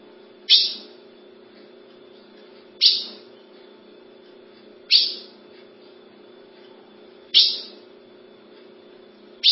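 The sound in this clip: Ultramarine grosbeak repeating a single sharp, explosive chip, several notes with pauses between, over a faint low hum.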